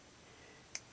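During reassembly of a percussion revolver, with the trigger held forward, the steel hammer is pulled back until it engages the half-cock notch in the frame. After a quiet, steady background, a single short, sharp, bright click sounds at 0.8 s as the hammer seats into half cock.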